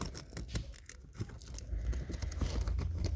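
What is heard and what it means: Someone reaches under a 2009-2015 Toyota Tacoma bucket seat and handles a seat-cover strap buckle to clip it around a metal part of the seat frame. There are a few quick, light ticks in the first half second, followed by steadily louder rustling and scraping. Nothing has seated or clicked yet.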